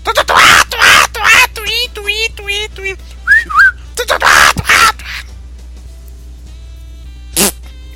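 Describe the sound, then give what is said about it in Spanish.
A voice imitates spider monkey mating calls: harsh breathy bursts, rapid rising chirps and a sharp whistled squeal, loud and fast, then a quieter stretch ending in one short burst. “Escuchamos a los simios que llaman a aparear a su changa.”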